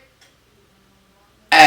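A torque wrench with a socket tightens the second connecting rod cap bolt to the manufacturer specification. After near silence with a faint tap at 0.2 s, the wrench clicks loudly at its setting at 1.5 s, a sharp broadband hit that rings to the end, and turning stops after the click.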